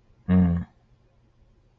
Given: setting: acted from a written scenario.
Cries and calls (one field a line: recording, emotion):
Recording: vocal sound without words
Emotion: neutral